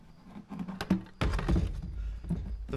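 A plastic feeder plug is pushed into a hole drilled in a plastic bucket lid, with light handling knocks around 0.8–0.9 s. It pops in easily and seats with a sharp thunk at 1.2 s, followed by continued rustling and small taps.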